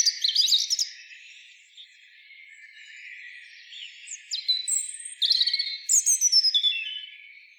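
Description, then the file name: European robin song: bursts of high, thin, varied phrases with sustained whistled notes and quick trills, separated by short pauses, the final phrases louder and descending. "Erithacus rubecula"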